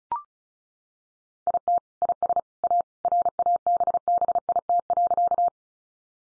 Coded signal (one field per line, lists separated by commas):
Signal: Morse code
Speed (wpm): 34 wpm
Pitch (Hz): 700 Hz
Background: none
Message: IT IS A RABBIT.